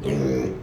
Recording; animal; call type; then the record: contact call of a hoofed animal; pig; closed-mouth grunt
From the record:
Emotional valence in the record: negative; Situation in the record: short social isolation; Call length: 0.63 s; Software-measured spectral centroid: 1600 Hz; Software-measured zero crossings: 870 a second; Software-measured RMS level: -24 dBFS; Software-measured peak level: -12 dBFS